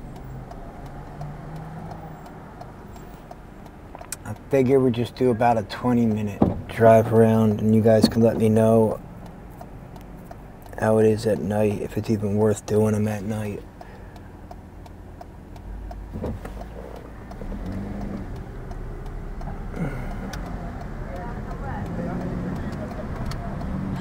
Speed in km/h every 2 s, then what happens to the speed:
3, 0, 0, 0, 0, 0, 0, 0, 0, 3, 15, 11.
1-17 standing. 17-20 pulls away to 15.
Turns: none.